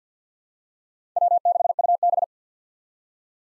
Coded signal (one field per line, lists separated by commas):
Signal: Morse code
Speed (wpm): 50 wpm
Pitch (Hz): 700 Hz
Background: none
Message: W6UB